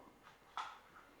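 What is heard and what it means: A plastic belt clip on a battery-powered 8000mAh waist fan is pushed onto a belt and snaps into place. One sharp click lands at 0.6 s over faint background noise, and the clip is seated.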